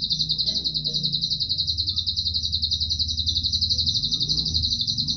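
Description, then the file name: Atlantic canary delivering one unbroken, very fast pulsing trill, high and even, with a low rumbling hum beneath. Cililin-style canary song used as a fill (isian) recording for training other songbirds. "suara kenari isian cililin omkicau"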